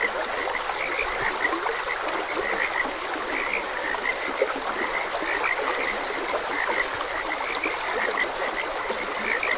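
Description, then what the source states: Frogs croaking in a steady chorus of short, repeated notes over the constant trickle and rush of a flowing stream. Frogs croaking beside a gentle stream.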